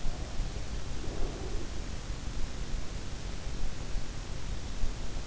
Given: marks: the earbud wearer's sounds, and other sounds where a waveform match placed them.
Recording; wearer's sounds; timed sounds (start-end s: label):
sounds in sleep by an in-ear microphone; breath
0.03-2.19 s: breath